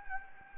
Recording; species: mosquito wingbeat signal from an infrared sensor; Anopheles gambiae